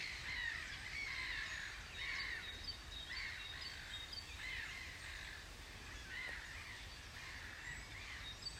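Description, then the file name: Gull calls, harmonic squealing cries repeated many times over a constant hiss. "Möwe"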